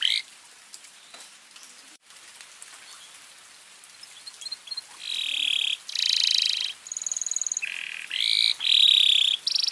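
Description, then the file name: Domestic canary song, near silence at first, then loud buzzy tours and short harsh trills from about five seconds on, broken by brief pauses. "kenari"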